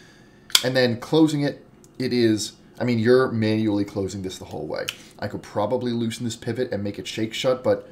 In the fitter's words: pop when you break that d0 you hear a pop when it comes out